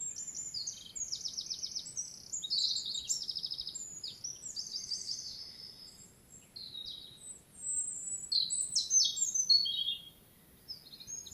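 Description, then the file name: European robin pouring out a long, rapid string of high, varied trills and liquid warbles over a soft steady hiss. "Erithacus rubecula"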